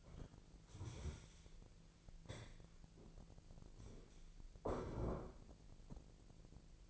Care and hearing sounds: daily activity, microphone in the room; stand up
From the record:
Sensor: 5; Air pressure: 1002.0 hPa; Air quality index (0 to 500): 246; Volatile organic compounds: 30 ppm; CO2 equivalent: 2956 ppm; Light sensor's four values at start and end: 40/94/39/43 and 40/94/39/43

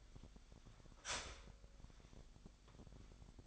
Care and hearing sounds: daily activity, microphone in the room; start toaster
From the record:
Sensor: 5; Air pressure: 1002.0 hPa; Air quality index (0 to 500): 204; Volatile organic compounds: 19 ppm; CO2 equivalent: 2639 ppm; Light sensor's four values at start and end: 34/110/42/44 and 34/109/42/44

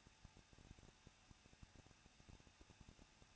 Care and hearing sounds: daily activity, microphone in the room; no activity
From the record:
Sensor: 2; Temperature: 21.0 degrees Celsius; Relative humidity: 37.3%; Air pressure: 1006.2 hPa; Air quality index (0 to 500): 222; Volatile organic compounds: 24 ppm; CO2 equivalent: 2809 ppm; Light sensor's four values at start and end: 2/3/2/2 and 2/3/2/2

